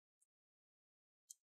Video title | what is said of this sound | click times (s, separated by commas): How to Replace Battery on Asus Tuf Gaming F15 FX506H Laptop - Step-by-Step🔋 | then you just want to twist it backward you want to hit that tiny clicks that's what you want to hear | 1.3 s